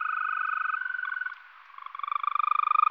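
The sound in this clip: Green toad giving a long, steady, musical trill of rapid pulses. It briefly breaks off midway, then resumes and grows louder toward the end.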